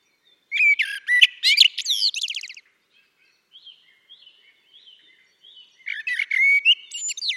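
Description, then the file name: Common blackbird phrases of clear whistles followed by high squeaky twitters, one burst at the start and another near the end, with faint notes between. "Turdus merula"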